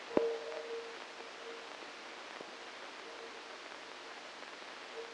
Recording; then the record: brain microelectrode recording played as sound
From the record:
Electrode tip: inside the subthalamic nucleus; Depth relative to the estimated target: -4 mm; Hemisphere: left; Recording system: NeuroSet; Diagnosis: Parkinson's disease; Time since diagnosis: 9 years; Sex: female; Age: 51 years